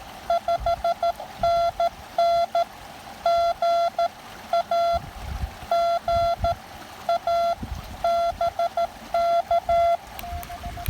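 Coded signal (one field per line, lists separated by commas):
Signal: Morse code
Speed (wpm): 13 wpm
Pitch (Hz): 680 Hz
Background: none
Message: 5NN GA GA BK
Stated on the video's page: Windy creekside QRP park activation of Pisgah National Forest using a TX-500 transceiver with ZM-2 tuner and PackTenna 9:1 antenna.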